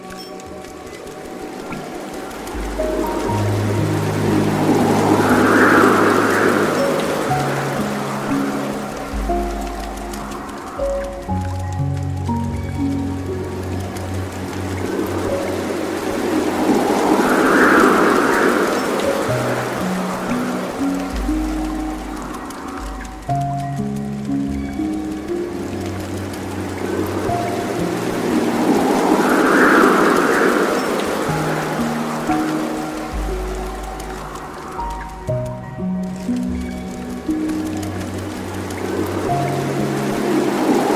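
Soft rain patters steadily while a gentle piano plays slow, low repeating melodies that swell and fade in roughly twelve-second cycles.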